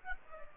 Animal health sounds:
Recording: mosquito wingbeat signal from an infrared sensor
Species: Aedes aegypti

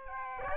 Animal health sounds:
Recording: mosquito wingbeat signal from an infrared sensor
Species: Aedes albopictus

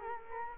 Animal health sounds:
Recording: mosquito wingbeat signal from an infrared sensor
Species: Culex quinquefasciatus

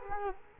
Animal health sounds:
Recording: mosquito wingbeat signal from an infrared sensor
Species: Culex quinquefasciatus

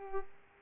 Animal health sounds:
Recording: mosquito wingbeat signal from an infrared sensor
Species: Culex pipiens

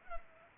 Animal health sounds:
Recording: mosquito wingbeat signal from an infrared sensor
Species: Culex pipiens

